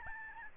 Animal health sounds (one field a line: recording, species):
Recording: mosquito wingbeat signal from an infrared sensor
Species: Aedes albopictus